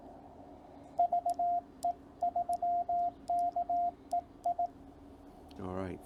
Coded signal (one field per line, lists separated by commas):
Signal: Morse code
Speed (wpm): 18 wpm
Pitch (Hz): 700 Hz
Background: speech, radio noise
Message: VE3KEI